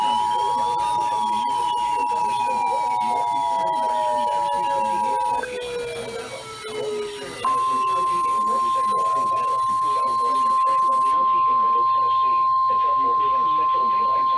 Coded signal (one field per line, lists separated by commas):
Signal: Emergency Alert System (SAME) tones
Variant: 853 and 960 Hz attention tone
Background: speech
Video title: NOAA Radio (EAS # 316-337) PDS TOA, TOA, SVR's, TOR's